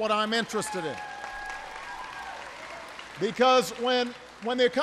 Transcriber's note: applause